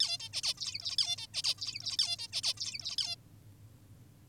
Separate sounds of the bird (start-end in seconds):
0.00-0.18, 0.20-0.29, 0.33-0.42, 0.43-0.54, 0.58-0.96, 0.98-1.17, 1.18-1.27, 1.34-1.43, 1.44-1.54, 1.58-1.97, 1.99-2.17, 2.19-2.28, 2.33-2.42, 2.43-2.54, 2.57-2.96, 2.98-3.16